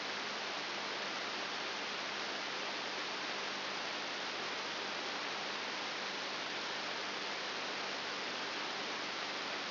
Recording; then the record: brain microelectrode recording played as sound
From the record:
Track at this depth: inside the subthalamic nucleus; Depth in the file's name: 5.9 mm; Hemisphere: right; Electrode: 3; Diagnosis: Parkinson's disease